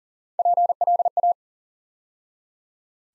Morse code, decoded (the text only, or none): PLA